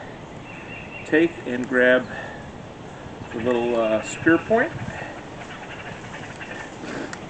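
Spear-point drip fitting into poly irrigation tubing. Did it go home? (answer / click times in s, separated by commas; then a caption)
yes / 7.1 s. Someone talks while a small plastic spear-point drip fitting is pushed into a freshly punched hole in poly irrigation tubing. A sharp, short pop is heard at 7.1 seconds as the spear-point emitter seats in the tubing.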